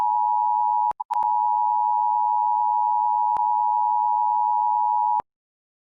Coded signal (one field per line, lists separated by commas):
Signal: Emergency Alert System (SAME) tones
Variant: 853 and 960 Hz attention tone